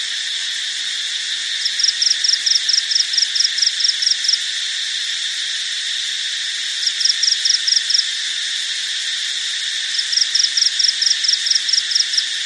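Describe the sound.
Cricket calling: rapid high-pitched pulse trains in three separate bursts, over a constant droning hum.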